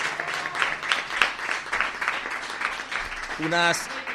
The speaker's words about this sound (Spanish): Como todo concurso tenemos un patrocinador, Discomóvil Dido, y para ellos un fuerte aplauso para nuestros concursantes.